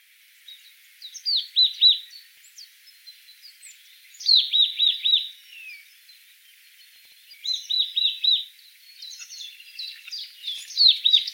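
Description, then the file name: Marsh tit calls: bursts of rapid, scratchy descending notes in quick chattering series, repeated every few seconds, with a faint steady high hiss behind. "Poecile palustris"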